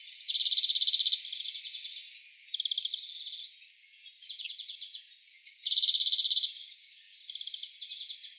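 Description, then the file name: European greenfinch delivering repeated rattling trills, two loud fast bursts about five seconds apart with softer, shorter trills in between. "Chloris chloris"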